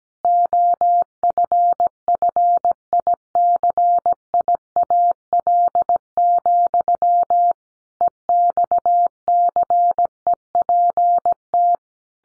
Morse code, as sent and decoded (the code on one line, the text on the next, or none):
--- ..-. ..-. .. -.-. .. .- .-.. --..-- / . -..- -.-. . .--. -
OFFICIAL, EXCEPT